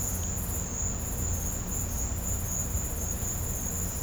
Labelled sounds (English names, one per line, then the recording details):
none
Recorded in pastures near Puerto Asís, Putumayo, Colombia, on 18 December 2024 at 15:00
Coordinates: 0.502, -76.324
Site G077